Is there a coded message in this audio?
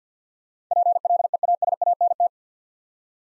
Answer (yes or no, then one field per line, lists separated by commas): yes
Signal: Morse code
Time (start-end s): 0.7-2.3 s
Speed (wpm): 52 wpm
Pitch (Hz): 700 Hz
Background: none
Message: PLEASANT